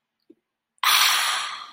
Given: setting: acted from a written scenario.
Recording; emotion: vocal sound without words; contentment